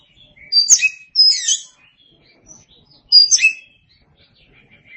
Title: Suara Kicauan Burung Kacer